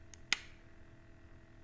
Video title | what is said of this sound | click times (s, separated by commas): I got a new Multitool!! | make another video i just love the way that that clicks into place | 0.3 s